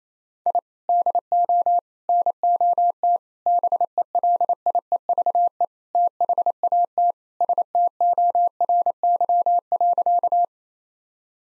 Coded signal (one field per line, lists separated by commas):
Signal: Morse code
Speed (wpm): 28 wpm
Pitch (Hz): 700 Hz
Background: none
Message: I DO NOT BELIEVE THAT STORY.